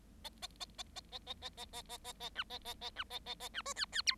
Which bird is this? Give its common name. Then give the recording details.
Bengalese Finch. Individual Bird7